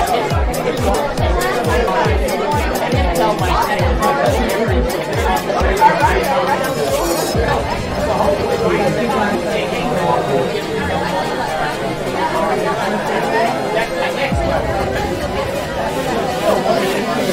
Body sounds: background sound without coughing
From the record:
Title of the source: Nightlife Party Simulating Party Club Noise 1 Hour

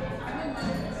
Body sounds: background sound without coughing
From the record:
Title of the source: 60 minutes of coffee shop sounds for study and concentration

